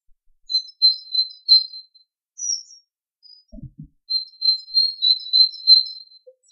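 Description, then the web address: Bird song: high, thin twittering phrases of quick chirps, a burst in the first two seconds, a pause with a soft low thump, then a longer twitter. Native hedgerow bird. "oeko hecke vogel februar vogel heimisch"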